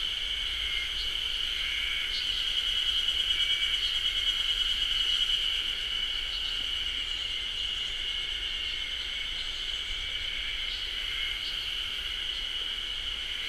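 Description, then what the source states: Ezo haru cicada chorus, a dense steady buzzing drone with a throbbing, pulsed overlay from many insects calling together, unbroken throughout. Chorus of many cicadas in beech forest, Japan; recorded on ZOOM H6.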